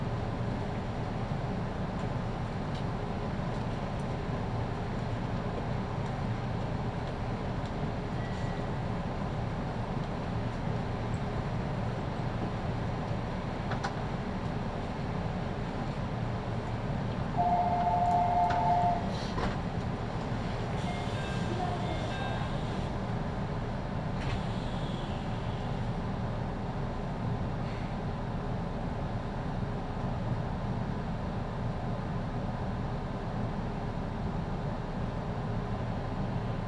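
A Chuo West Line local train runs with a steady low rumble throughout, a brief tonal whine rising around eighteen seconds, plus faint clicks.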